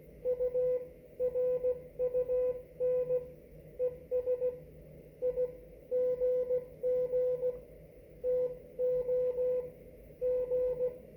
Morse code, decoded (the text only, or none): U RUN ES I GG TO G